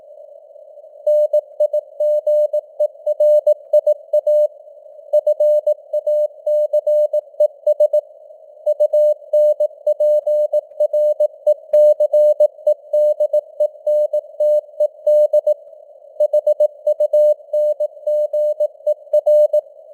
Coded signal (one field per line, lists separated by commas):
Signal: Morse code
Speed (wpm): 18 wpm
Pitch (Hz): 600 Hz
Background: none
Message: NIGERIA FACES UNPRECEDENTED HUNGER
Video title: Morse Code News | 2025-11-25 | 18wpm